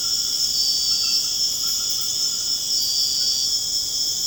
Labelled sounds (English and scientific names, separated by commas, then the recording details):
none
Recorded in secondary vegetation near Puerto Asís, Putumayo, Colombia, on 24 March 2025 at 22:30
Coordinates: 0.485, -76.322
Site G040